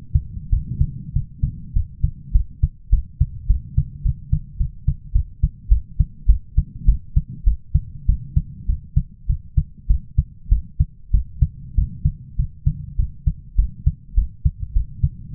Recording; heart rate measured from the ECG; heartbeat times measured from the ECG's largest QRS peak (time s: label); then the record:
heart sounds by stethoscope; 101 bpm
0.50 s: heartbeat
1.13 s: heartbeat
1.73 s: heartbeat
2.32 s: heartbeat
2.90 s: heartbeat
3.47 s: heartbeat
4.03 s: heartbeat
4.58 s: heartbeat
5.13 s: heartbeat
5.69 s: heartbeat
6.27 s: heartbeat
6.86 s: heartbeat
7.44 s: heartbeat
8.06 s: heartbeat
8.67 s: heartbeat
9.27 s: heartbeat
9.87 s: heartbeat
10.49 s: heartbeat
11.11 s: heartbeat
11.75 s: heartbeat
12.36 s: heartbeat
12.96 s: heartbeat
13.56 s: heartbeat
14.15 s: heartbeat
14.73 s: heartbeat
15.32 s: heartbeat
From the record:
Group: healthy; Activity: cold pressor test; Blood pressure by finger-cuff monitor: 169/126 mmHg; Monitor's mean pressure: 142 mmHg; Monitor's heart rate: 97 bpm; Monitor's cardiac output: 7.5 L/min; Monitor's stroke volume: 77 mL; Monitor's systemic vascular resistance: 1440 dyn s/cm5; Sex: male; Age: 23 years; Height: 179 cm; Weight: 87 kg